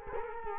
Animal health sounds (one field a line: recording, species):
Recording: mosquito wingbeat signal from an infrared sensor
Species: Culex quinquefasciatus